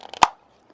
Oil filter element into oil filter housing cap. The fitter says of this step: the slots on and it should click in place